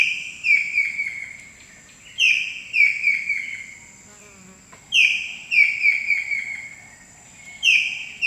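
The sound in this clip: Blue-breasted kingfisher repeating loud, high descending whistles that break into stuttering trills, phrases every two to three seconds, with a brief faint rattling buzz in a pause.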